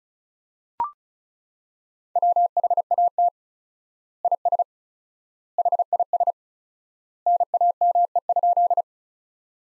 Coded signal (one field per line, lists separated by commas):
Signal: Morse code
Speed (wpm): 34 wpm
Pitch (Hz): 700 Hz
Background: none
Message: WHAT IS HIS NAME?